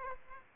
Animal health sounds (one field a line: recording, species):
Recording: mosquito wingbeat signal from an infrared sensor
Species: Aedes aegypti